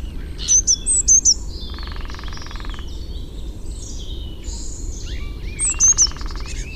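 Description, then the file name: Eurasian blue tit calling: two high, thin, sharp notes, then a buzzy, scolding churr lasting about a second, repeated once more near the end. "Cyanistes caeruleus"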